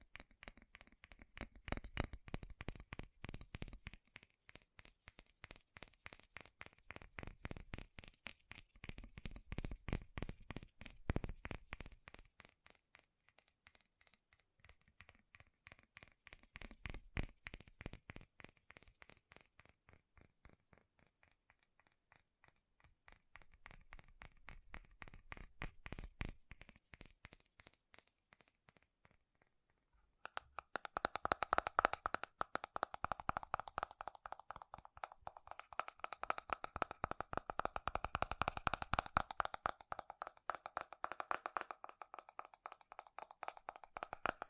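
Fast, dense metal tapping in rapid regular bursts that swell and fade in waves, turning brighter and more continuous after about thirty seconds.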